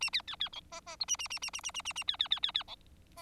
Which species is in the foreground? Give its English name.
Bengalese Finch